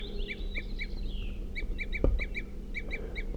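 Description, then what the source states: Crossbill toop calls, short mid-pitched notes repeated in quick bursts, with a single sharp click midway and low background hum. Calling (tooping) at the edge of a clearing, seen silhouetted; evening, about 8:28 p.m.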